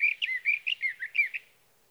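Sage thrasher song in short bright phrases, paired warbled notes repeated in quick succession for about a second and a half before stopping.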